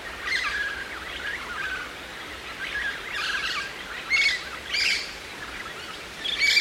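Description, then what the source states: Musk Lorikeet gives short, sharp, high screeches in separate bursts over a constant hiss. Kings Plain National Park, New South Wales, Australia, on Narrabul Country.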